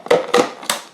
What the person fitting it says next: Heard the click, good to go.